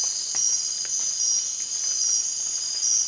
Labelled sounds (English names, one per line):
none